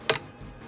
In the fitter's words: That's a good sound. You hear the click?